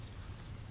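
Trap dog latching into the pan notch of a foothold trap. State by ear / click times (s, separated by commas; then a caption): not seated / none. A steel foothold trap is being reset by hand after mud has been cleaned off it, with the dog being set under the pan notch so the trap stays cocked. Only a steady broadband hiss with a low hum around 100 Hz is heard, at an even level with no sharp transients. Nothing has seated or clicked yet; the dog has not latched into the pan notch.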